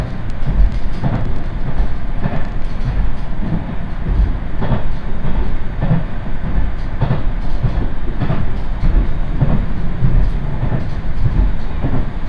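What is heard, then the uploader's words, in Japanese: Interior of a single-car railbus on the Ise Railway, running with a steady low rumble throughout. Rhythmic clicks and thumps from the rails recur roughly every second or so, over a constant mid-range hum of the moving car. 伊勢鉄道 四日市→津。四日市から河原田までの2駅はＪＲ区間に乗り入れ、あとは伊勢鉄道内を走ります。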